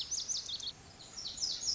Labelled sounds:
Lazuli Bunting (Passerina amoena)
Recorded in Sonoma County, California

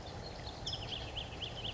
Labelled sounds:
California Towhee (Melozone crissalis)
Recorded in Sonoma County, California

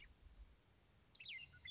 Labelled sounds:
Western Meadowlark (Sturnella neglecta)
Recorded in Sonoma County, California

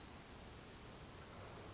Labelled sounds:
Western Flycatcher (Empidonax difficilis)
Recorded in Sonoma County, California

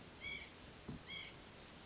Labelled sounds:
White-breasted Nuthatch (Sitta carolinensis)
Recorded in Sonoma County, California

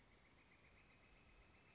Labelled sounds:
Northern Flicker (Colaptes auratus)
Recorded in Sonoma County, California

